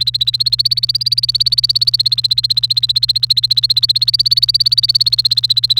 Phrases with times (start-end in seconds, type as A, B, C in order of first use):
0.00-5.80 A